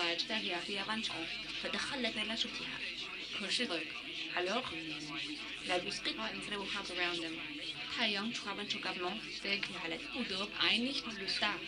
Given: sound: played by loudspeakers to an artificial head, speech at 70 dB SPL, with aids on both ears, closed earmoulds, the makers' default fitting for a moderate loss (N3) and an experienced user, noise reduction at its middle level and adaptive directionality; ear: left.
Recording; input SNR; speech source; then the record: speech test signal (ISTS) in cocktail-party noise; +9 dB; on the right (90 degrees)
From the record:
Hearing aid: class 2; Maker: D